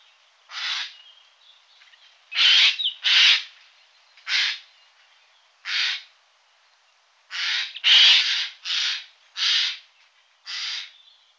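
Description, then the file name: Eurasian jay giving harsh, rasping screeches, about ten throughout, irregularly spaced, some in quick pairs, with quiet gaps between. "Geai-des-chênes"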